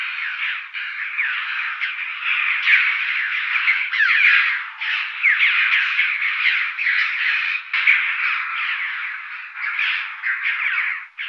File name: Red-billed Chough